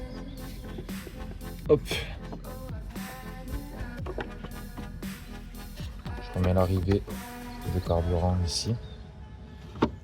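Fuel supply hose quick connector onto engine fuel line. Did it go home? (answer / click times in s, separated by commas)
yes / 9.8 s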